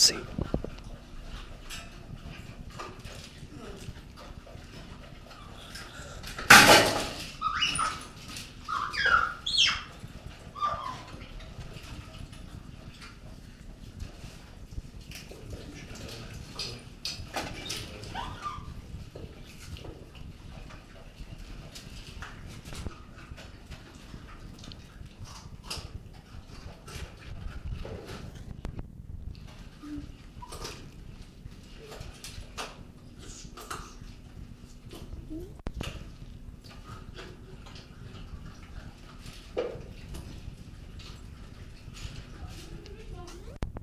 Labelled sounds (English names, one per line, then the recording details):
Agile Gibbon call
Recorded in captivity
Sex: female
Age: adult
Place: Zoopark Erfurt, Thüringen, DE
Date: 1968-10-10
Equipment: Uher 4000 Report-S, Sennheiser MD 421
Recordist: Tembrock, Günter